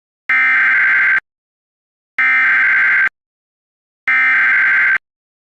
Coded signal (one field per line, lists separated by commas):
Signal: Emergency Alert System (SAME) tones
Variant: header bursts